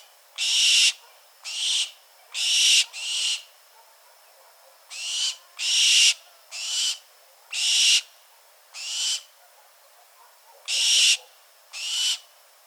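Bird producing repeated raspy screeches, about a dozen brief hissing bursts, some in quick pairs, with short irregular gaps.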